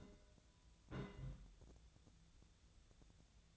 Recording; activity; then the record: daily activity, microphone in the room; place on stove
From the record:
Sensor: 3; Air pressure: 1009.9 hPa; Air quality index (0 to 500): 189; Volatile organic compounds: 14 ppm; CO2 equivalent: 2457 ppm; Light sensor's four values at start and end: 41/103/44/47 and 41/103/44/47